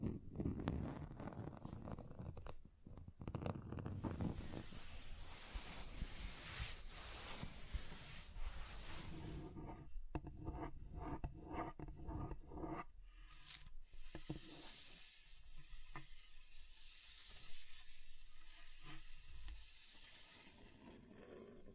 Table Scratching Different Surfaces